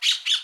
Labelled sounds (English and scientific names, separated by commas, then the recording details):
Brown-throated Parakeet (Eupsittula pertinax) contact call
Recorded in Aruba
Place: Cunucu Arikok, S side of Ceru Arikok
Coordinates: 12.502, -69.950